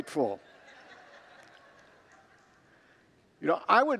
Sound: congregants laugh